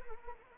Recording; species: mosquito wingbeat signal from an infrared sensor; Anopheles arabiensis